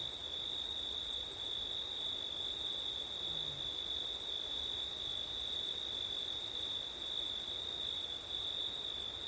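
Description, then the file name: Crickets in a steady chorus of high trills at two pitch bands, the upper one briefly breaking twice, over a constant rushing wind noise. Crickets on a windy September night, ORTF stereo microphone setup. "crickets wind september night ortif"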